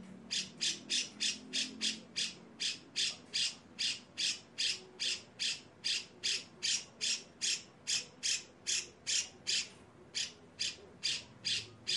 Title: MASTERAN CUCAK JENGGOT GACOR FULL BESETAN KASAR DURASI PANJANG !!!. CUCAK JENGGOT GACOR SUARA BESETAN PANJANG‼️PANCINGAN-MASTERAN BURUNG